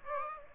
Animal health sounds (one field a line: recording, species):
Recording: mosquito wingbeat signal from an infrared sensor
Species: Aedes aegypti